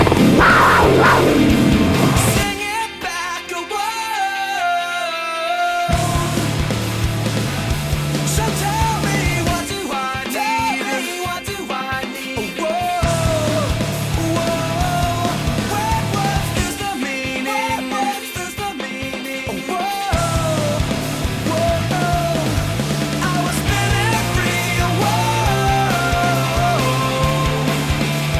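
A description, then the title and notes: A goal horn blares at the start, a loud bright sweeping burst, then gives way to loud, dense music with a wavering melodic line on top. The deep bass drops out twice, around 3–6 and 17–20 seconds, then returns. Florida Panthers 2022 Goal Horn. Florida Panthers Goal Horn for the 21'-22' season.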